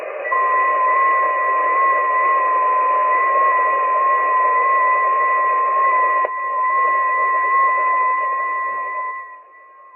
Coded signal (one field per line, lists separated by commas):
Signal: FT8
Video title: Danny Shortwave And Radio DX Live Stream #217 4/16/2025 6 Meter Band opening FT8